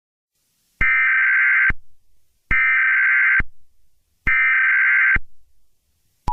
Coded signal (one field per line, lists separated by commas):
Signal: Emergency Alert System (SAME) tones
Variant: header bursts